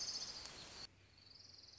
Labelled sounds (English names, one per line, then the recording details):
Orange-crowned Warbler
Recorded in Sonoma County, California